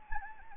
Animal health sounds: mosquito wingbeat signal from an infrared sensor; Anopheles gambiae

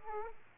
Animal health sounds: mosquito wingbeat signal from an infrared sensor; Aedes aegypti

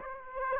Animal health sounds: mosquito wingbeat signal from an infrared sensor; Aedes aegypti

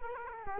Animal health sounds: mosquito wingbeat signal from an infrared sensor; Culex quinquefasciatus

